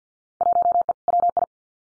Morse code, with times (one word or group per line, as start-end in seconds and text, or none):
0.4-0.9 1E
1.1-1.4 WI